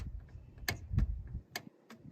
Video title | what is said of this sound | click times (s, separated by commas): DIY: Freightliner M2 service | if when you start putting some pressure on it you hear that click sound that's mean you got to the right point | 0.7 s